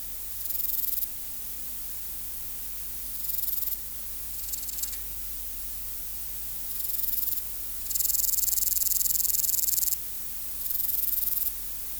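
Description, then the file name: Meadow katydid song in repeated high sizzling bursts, mostly brief, with one longer two-second buzz near the end, over a constant low hum. "Conocephalus kisi"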